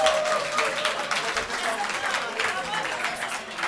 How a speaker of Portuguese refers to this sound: Uma salva de palmas grande. Muito obrigado.